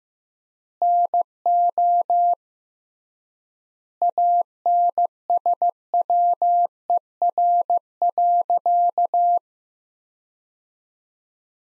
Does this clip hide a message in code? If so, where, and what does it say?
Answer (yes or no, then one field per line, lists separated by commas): yes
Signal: Morse code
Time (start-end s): 0.8-9.4 s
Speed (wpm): 15 wpm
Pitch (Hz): 700 Hz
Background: none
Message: NO ANSWER.